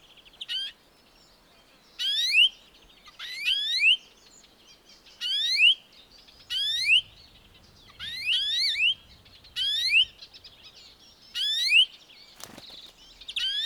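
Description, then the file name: European greenfinch giving several short bursts of rising wheezy call notes, with a brief knock near the end. "Chloris chloris"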